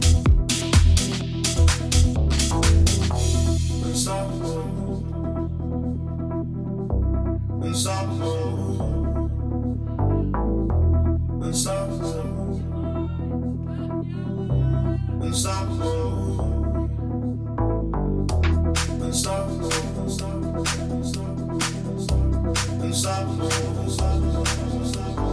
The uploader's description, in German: Klangkulisse Jesendorf